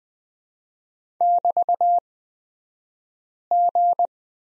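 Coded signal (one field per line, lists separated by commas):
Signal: Morse code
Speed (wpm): 20 wpm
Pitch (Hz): 700 Hz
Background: none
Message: <BT>G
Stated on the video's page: Morse code course lesson on prosign BT, Farnsworth speed 20/10 wpm.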